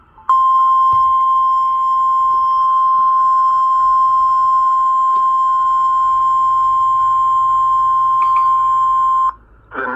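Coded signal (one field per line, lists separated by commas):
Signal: Emergency Alert System (SAME) tones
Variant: 1050 Hz attention tone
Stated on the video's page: Severe thunderstorm and tornado warning alerts received on NOAA Weather Radio.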